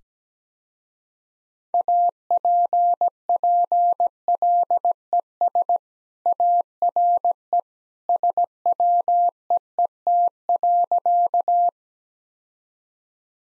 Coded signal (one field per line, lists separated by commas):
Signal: Morse code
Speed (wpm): 17 wpm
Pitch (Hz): 700 Hz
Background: none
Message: APPLES ARE SWEET.